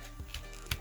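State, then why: Seated. A tablet screen edge is pulled sideways and pushed down at the same time to seat it into the plastic clips of the housing during a charge port repair on a Galaxy Tab. A sharp click at 0.3 s and a louder click at 0.7 s mark the clips engaging, with faint low thumps of handling in between. The screen edge is confirmed seated, nicely clipped into the frame.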